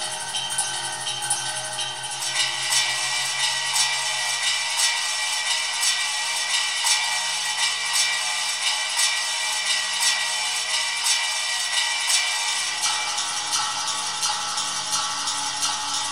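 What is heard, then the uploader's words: Ice cubes rattle and crackle in a glass, a dense, bright stream of tiny clicks and ticks that stays steady for the whole stretch. A soft low hum sits underneath and drops away after about twelve seconds. Enhanced recorded sounds of ice cubes in a glass, edited with Audacity.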